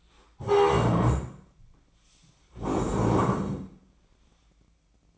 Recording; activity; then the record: daily activity, microphone in the room; stand up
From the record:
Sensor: 1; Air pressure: 1012.3 hPa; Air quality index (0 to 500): 173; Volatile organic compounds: 3 ppm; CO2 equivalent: 1418 ppm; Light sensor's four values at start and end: 43/117/48/58 and 43/115/47/57